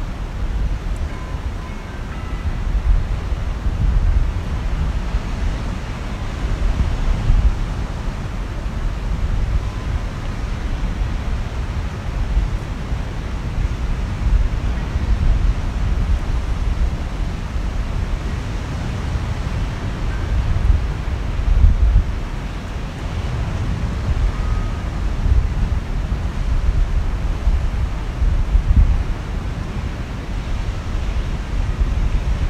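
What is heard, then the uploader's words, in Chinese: Woodland ambience with a steady, dense rumble of wind, heavy in the low end, with gusts swelling and easing throughout. Surf or traffic may be blended in. A few faint, thin chirps surface briefly near the start and again around twenty-five seconds. 美国缅因州温特港的Schoodic树林。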